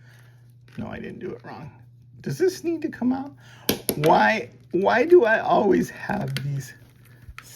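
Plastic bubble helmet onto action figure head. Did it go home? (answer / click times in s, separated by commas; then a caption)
yes / 7.4 s. After several failed tries, a clear plastic bubble helmet is pressed onto the head of a Vellok Speer Cosmic Legions action figure while someone talks. At 7.4 s it snaps into place with a sharp click, and the helmet is seated.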